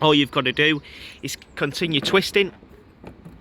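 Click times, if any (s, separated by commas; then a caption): 3.1 s. A plastic tap drain valve on the fresh water tank of a Burstner Ixeo IT 728G motorhome is twisted further while someone talks. A faint click is heard at 3.1 s as the valve clicks past the bung, opening the drain for the whole tank.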